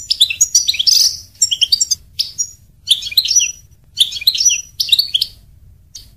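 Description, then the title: European goldfinch song of quick bright twitters and buzzy chirps in short bursts roughly every second, with a soft low hum underneath. "Chant Chardonneret"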